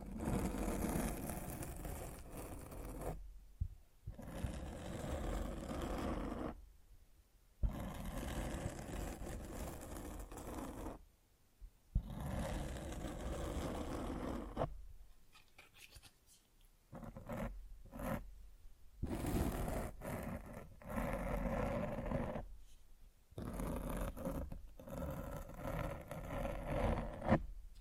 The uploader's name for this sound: Mic Scratching